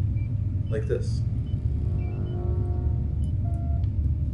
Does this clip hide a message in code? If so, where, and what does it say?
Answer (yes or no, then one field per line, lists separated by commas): no